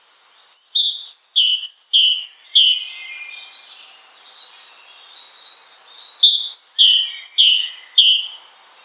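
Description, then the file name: Great tit singing a ringing two-part phrase, high then dropping, repeated several times, a quiet gap, then another run of the same phrases. "Parus major"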